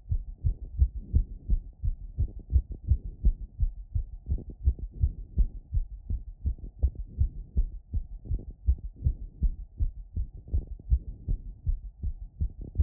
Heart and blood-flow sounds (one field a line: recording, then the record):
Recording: heart sounds by stethoscope after running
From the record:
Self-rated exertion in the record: vigorous exertion (4 of 6)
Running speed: 9 mph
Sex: female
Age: 28 years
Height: 155 cm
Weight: 44 kg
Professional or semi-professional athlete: no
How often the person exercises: 3 to 5 times a week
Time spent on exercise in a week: over 5 hours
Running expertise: yes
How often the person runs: 3 to 5 times a week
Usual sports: running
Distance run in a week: 45 km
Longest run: 32 km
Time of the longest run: 200 minutes